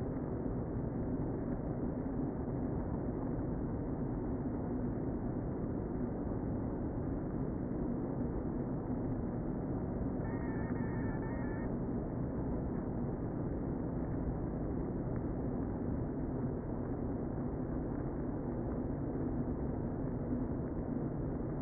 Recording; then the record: honeybee colony, microphone inside the hive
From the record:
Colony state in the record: queen present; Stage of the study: before two queens were removed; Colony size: about 60,000 bees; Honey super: yes